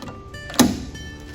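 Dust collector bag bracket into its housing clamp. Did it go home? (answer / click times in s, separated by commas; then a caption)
yes / 0.6 s. The filter bag bracket on a dust collector is pressed down onto its foam strip and into its housing clamp. After a few softer handling sounds, it locks into place with a single sharp metal click at 0.6 s, and the bracket is seated.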